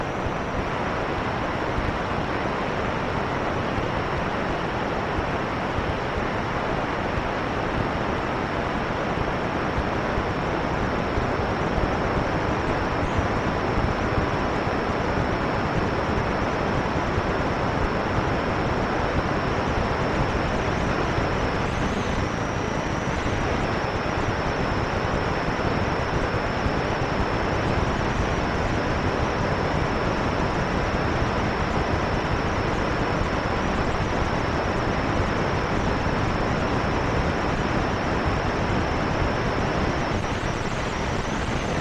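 Radio interference fills the whole 42 seconds as a dense, unchanging hiss and rumble, even in loudness throughout. A thin, steady high whine runs above it, wavering briefly around the 22-second mark, with a faint blip near 13 seconds.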